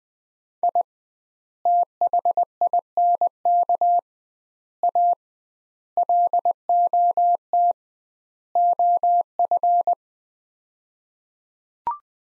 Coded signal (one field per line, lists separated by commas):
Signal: Morse code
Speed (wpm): 20 wpm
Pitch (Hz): 700 Hz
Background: none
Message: I THINK A LOT OF